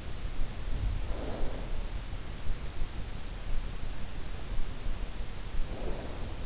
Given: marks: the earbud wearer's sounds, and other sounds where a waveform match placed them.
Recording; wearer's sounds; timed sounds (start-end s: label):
sounds in sleep by an in-ear microphone; snoring breath
0.97-1.79 s: snoring breath
5.45-6.25 s: snoring breath